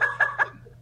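Three quick, honking bursts about a fifth of a second apart, each with a slightly whistly, squeaky edge, then fading out. It is a short coughing fit from a dog, a harsh hacking cough, heard just after the dog was picked up.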